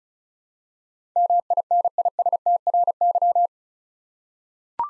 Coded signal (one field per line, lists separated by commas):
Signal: Morse code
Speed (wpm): 36 wpm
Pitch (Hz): 700 Hz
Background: none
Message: MINISTRY